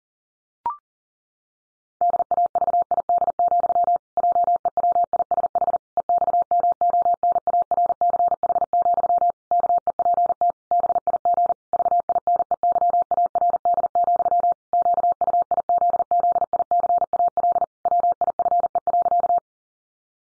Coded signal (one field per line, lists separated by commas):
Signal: Morse code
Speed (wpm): 40 wpm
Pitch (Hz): 700 Hz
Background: none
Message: DAVID, JEWISH EXMONARCH, KEPT BIG VINEYARD, QUIZZICAL WIFE.